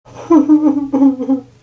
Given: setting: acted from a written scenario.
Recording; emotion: vocal sound without words; sadness